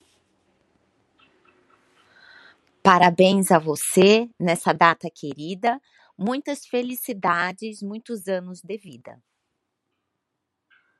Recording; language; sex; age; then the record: short text; Brazilian Portuguese; female; 40 to 49 years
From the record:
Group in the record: control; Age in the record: 45 years